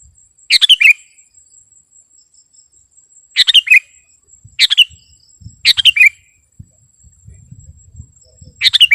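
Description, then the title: Sooty-headed bulbul repeating cheerful, chuckling phrases five times, roughly every one to three seconds, against a shrill steady insect whine. "kutilang"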